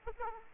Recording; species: mosquito wingbeat signal from an infrared sensor; Aedes aegypti